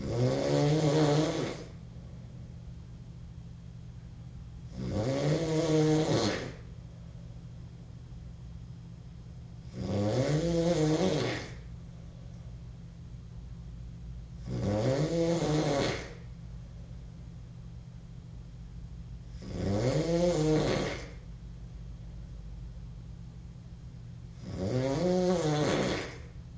Snore male nasal obnoxious.